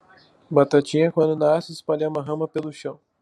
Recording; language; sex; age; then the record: short text; Brazilian Portuguese; male; 18 to 19 years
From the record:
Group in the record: control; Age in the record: 18 years